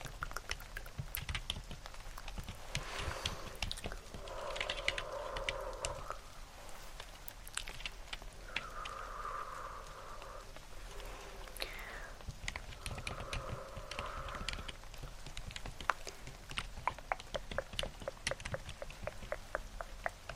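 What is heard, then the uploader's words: Layered sounds of rain and keyboard typing, with a steady patter of sharp clicks and taps running through all twenty seconds. A low constant rumble sits underneath, and tonal, voice-like hums rise and fall around five, nine and fourteen seconds. ASMR Hand Movements + Layered Sounds (TkTk, Rain Sounds, Keyboard Typing).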